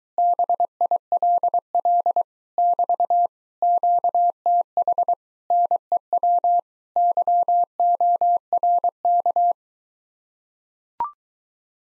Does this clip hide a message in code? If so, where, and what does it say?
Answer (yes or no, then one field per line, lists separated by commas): yes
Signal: Morse code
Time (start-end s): 0.2-9.5 s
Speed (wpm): 23 wpm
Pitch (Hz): 700 Hz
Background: none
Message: BILL <BT> QTH NEW YORK